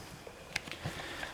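A safety clip is refitted onto the flipped-over fuse body of a Soviet Russian TM-62P3 antitank mine. A short, sharp snap at 0.6 s marks the clip seating back into place, followed by a fainter tick at 0.7 s against a quiet background. The clip is confirmed seated.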